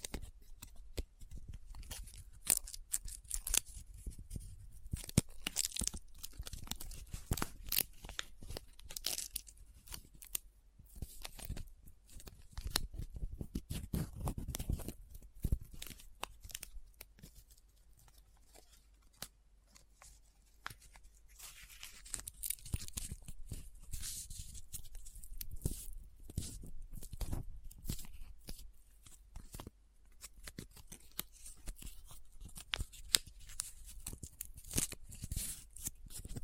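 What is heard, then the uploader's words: Paper is handled close up, crinkling, rubbing and scratching in dense bursts of sharp, bright crackles, with some low thumps as it is folded. The activity is busy for most of the stretch, easing into a quieter pause around 17–22 seconds before picking up again. ASMR Close Up Paper Sounds - Folding, Scratching, Rubbing, Crinkle (No Talking).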